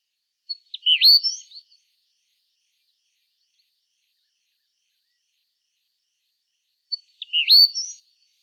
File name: eastern bristlebird